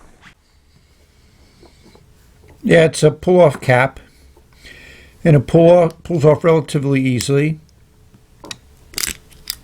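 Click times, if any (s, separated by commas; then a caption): 9.0 s, 9.5 s. Someone talks while handling the plastic pull-off cap of a yellow Wing Sung 3003 fountain pen, which is then pushed back onto the pen body. Sharp clicks ring out at 9.0 s and 9.5 s as the cap snaps into place and is seated.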